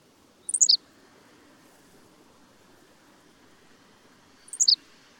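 Bird song: two short, sharp descending chirp bursts about four seconds apart, with soft background hiss in between.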